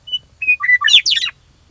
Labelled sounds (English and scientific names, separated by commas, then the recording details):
Western Meadowlark (Sturnella neglecta)
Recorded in Sonoma County, California